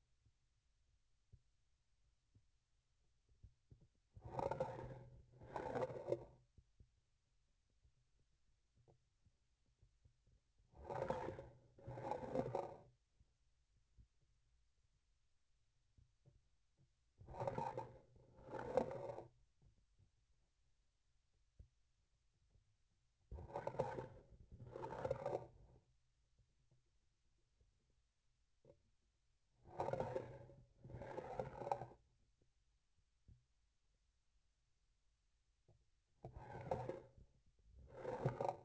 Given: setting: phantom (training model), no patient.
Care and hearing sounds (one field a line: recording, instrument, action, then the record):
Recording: laparoscopic instrument, vibration sensor on the handle end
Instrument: grasping forceps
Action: approaching and retracting movements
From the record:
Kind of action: spatial motion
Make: other than Olympus